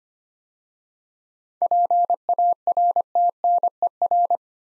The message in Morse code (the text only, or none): PARTNER